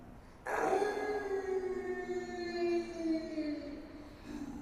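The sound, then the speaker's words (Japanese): A wolf lets out one long, drawn-out howl lasting nearly four seconds, its tone wavering slightly before sliding slowly downward in pitch, with no one speaking. “ドームの外にも DT を持った野生の狼がいるって。”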